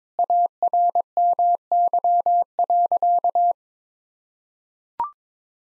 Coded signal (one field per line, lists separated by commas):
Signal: Morse code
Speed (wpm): 21 wpm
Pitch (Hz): 700 Hz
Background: none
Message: ARMY.